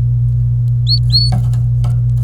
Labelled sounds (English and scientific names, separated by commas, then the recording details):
Domestic Canary (Serinus canaria) song
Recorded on 26 April 2018 at 12:22
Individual llb3